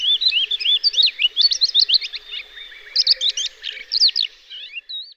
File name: Galerida theklae